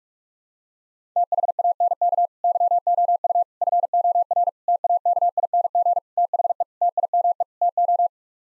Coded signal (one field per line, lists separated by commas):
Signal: Morse code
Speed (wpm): 41 wpm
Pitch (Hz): 700 Hz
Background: none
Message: THANK YOU FOR TAKING THE TIME TO